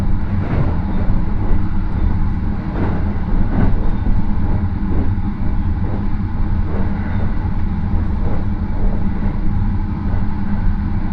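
The Marine Liner rapid train rolls along the Yosan Line with a steady, heavy low rumble that never lets up. Faint clacks from the rails recur about once a second, and a thin hiss rides above the drone throughout.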